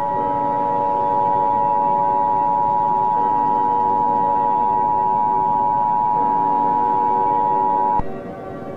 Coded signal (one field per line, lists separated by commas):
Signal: Emergency Alert System (SAME) tones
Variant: 853 and 960 Hz attention tone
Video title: EAS scenario - Ceres